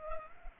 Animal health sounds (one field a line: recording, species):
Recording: mosquito wingbeat signal from an infrared sensor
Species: Culex pipiens